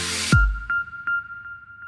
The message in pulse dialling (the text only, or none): none